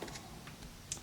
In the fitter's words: But yeah, it's a wood saw. And you hear the nice click.